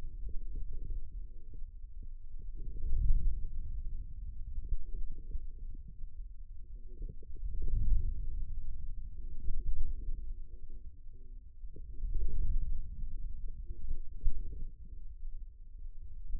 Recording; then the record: forearm muscle sounds (acoustic myography)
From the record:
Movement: wrist flexion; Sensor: system 2, bracelet of six BSWA MPA416 microphones around the upper forearm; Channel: 4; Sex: male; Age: 22 years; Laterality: right